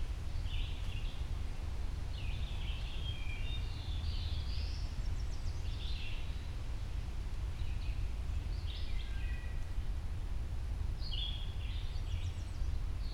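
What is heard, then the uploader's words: Birdsong in a spring woodland: short, bright whistled phrases come every second or two, sometimes overlapping, with a few rising slurred notes. Beneath them runs a steady, heavy low rumble, like traffic or wind, that stays constant throughout. Canada Goose Side Trail in May. It's mid-May and most breeding bird species have arrived, and a few are still migrating through. Red-eyed Vireos, Eastern Wood-Pewee, Ovenbird, and more can be heard throughout this soundscape. This was recorded using my new SO.1 Sonorous Objects omnidirectional pair of microphones.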